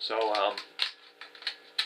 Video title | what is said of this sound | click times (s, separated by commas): Bayonets and are they still useful? | there you go so that one swings out very simple it's on a spring inside the handle and snaps | 1.8 s